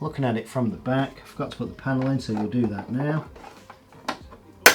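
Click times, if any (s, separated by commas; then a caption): 4.7 s. Someone talks for the first three seconds, then a plastic rear cover panel is pushed onto the back of an LG OLED 48A1 TV (OLED48A16LA), making a few faint taps. It snaps into its tabs with one sharp, loud click at 4.7 s, and the panel is seated; two tabs pull down to release it.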